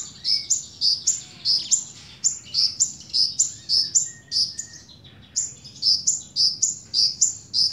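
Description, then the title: Small bird giving bright, high chirps roughly twice per second, with a brief pause late in the run and a few softer, lower whistles among them. "Burung Kecil"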